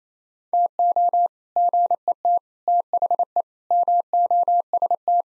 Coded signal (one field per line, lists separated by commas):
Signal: Morse code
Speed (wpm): 28 wpm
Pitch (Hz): 700 Hz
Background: none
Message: TO GET THE MOST